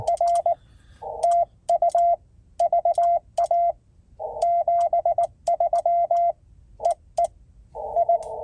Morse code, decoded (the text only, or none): R TU VA 73 EE I